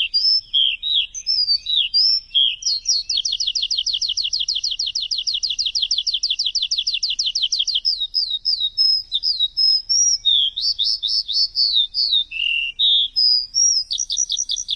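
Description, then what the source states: Bird singing varied chirps, then a long, fast rattling trill of rapid high notes for about five seconds, followed by more mixed whistled chirps. Chirping bird song for training pet birds.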